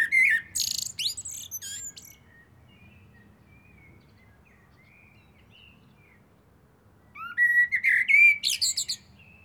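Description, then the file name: Common blackbird song: fluted whistled phrases with thin squeaky endings, a long quiet gap, then another phrase. "Turdus merula"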